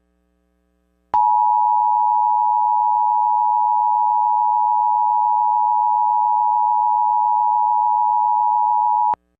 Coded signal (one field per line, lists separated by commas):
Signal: Emergency Alert System (SAME) tones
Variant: 853 and 960 Hz attention tone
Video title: EAS MOCK 36 AMBER ALERT FOR MASSACHUSETTS